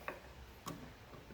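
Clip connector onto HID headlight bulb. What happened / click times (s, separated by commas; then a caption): The clip connector snapped onto the bulb / 0.1 s. A plastic clip connector is pushed onto a xenon HID headlight bulb that has been twisted into the headlight housing on a Saab. A sharp tick at 0.1 s marks the connector clicking on and seating, followed by a second, softer tick around 0.7 s. The connector is then shaken to check that it is tight.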